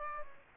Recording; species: mosquito wingbeat signal from an infrared sensor; Aedes aegypti